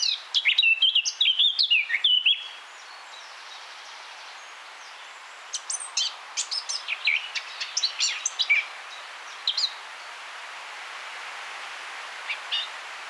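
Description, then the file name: Eurasian blackcap song, a short rich warble at the start followed by scattered high chirps and notes through the middle. "Sylvia atricapilla"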